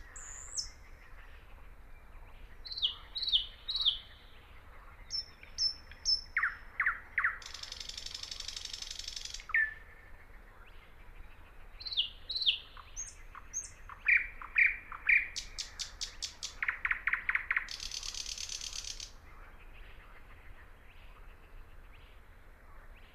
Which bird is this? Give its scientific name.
Luscinia luscinia